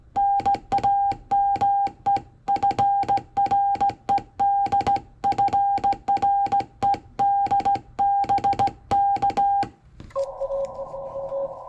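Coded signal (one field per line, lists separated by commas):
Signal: Morse code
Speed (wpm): 17 wpm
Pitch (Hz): 800 Hz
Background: none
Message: NAME FRED FRED BK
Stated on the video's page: CW contact with a station in Hungary on the 10 m band.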